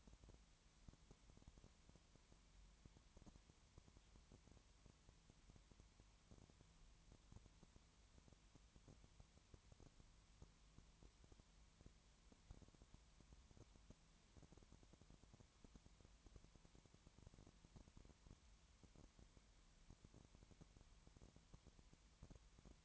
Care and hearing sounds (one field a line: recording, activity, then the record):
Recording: daily activity, microphone in the room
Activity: no activity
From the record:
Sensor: 3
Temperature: 20.5 degrees Celsius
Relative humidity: 32.9%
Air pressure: 1003.2 hPa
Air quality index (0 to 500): 105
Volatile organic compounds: 2 ppm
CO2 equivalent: 1071 ppm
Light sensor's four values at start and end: 2/3/2/2 and 2/3/2/2